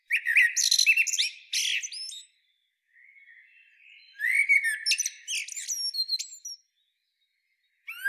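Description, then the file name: Eurasian blackbird song: mellow warbled phrases breaking into high squeaky twittering, two main bursts separated by a pause, with another phrase starting at the end. "Turdus merula"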